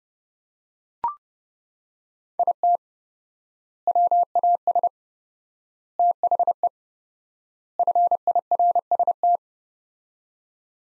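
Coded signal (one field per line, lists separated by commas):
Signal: Morse code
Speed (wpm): 31 wpm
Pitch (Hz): 700 Hz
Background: none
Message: IT WAS THE FIRST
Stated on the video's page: 30 wpm Morse practice of four-word sets with 4x word spacing, a Farnsworth-like drill for head-copying phrases, each set followed by speech.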